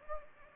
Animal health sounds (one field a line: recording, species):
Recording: mosquito wingbeat signal from an infrared sensor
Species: Anopheles gambiae